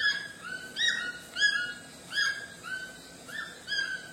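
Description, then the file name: White-throated toucan song: harmonic yelping notes repeated in a fast, somewhat irregular series. "canto do tucano grande de papo branco"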